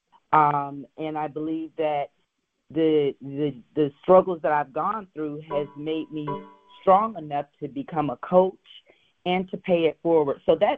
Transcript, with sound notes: and I believe that the, the, the struggles that I've gone through has made me (computer dings) strong enough to become a coach and to pay it forward.